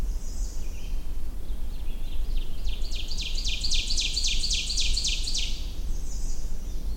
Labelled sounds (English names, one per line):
Ovenbird song